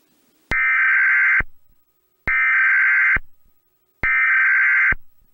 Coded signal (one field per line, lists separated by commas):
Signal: Emergency Alert System (SAME) tones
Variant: header bursts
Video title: EAS Scenario #17 - Illinois Nuclear Disaster